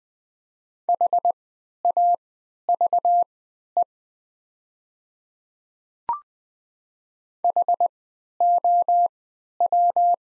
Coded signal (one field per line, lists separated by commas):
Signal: Morse code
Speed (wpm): 20 wpm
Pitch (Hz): 700 Hz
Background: none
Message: HAVE HOW